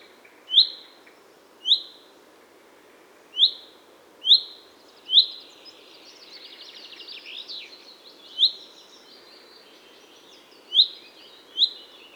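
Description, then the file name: Common chaffinch call notes, sharp and falling, at irregular intervals, broken midway by a stretch of quieter buzzy twittering. "Fringilla coelebs"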